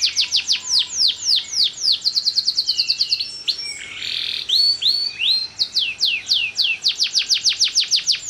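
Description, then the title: Canary singing a fast series of bright descending whistled notes, broken midway by a short buzzy rattling phrase, then resuming the quick repeated sweeps. Kenari kalitan canary, singing energetic long-drawn song. "Kenari Kalitan Gacor Suara Panjang"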